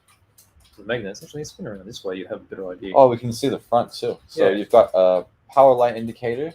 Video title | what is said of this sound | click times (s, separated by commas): EP80 Live Hobby Show | so just pop this on you hear the snap of the uh | 0.4 s